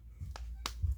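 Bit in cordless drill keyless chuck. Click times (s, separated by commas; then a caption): 0.4 s, 0.7 s. A bit in a cordless drill's keyless chuck is tightened by hand, and the chuck's locking ratchet gives two sharp clicks at 0.4 s and 0.7 s over a low background rumble. The chuck is locked and seated.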